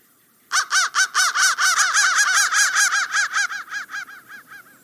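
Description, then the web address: Crow uttering a fast chain of raspy, arched caw notes, strong at first and then tapering off. "soundfactory crow"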